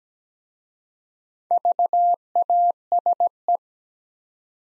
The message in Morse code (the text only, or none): VASE